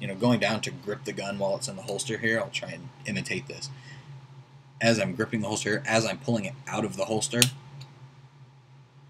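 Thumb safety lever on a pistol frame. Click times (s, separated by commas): 7.8 s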